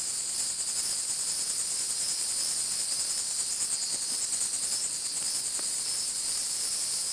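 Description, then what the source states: Insect drone, shrill and constant with fine rhythmic pulsing. Recorded at Fort Matanzas.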